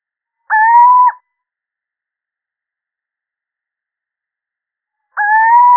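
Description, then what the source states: Little owl producing two smooth, faintly rising hoots separated by about four seconds of silence. Male.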